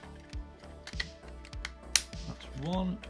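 A wing of a plastic toy vehicle is tucked back into its grooves on the vehicle body and pressed until it snaps into place, counted off as the first wing. A sharp snap is heard at 2.0 s among softer handling clicks, while someone talks and music plays underneath. The wing is seated.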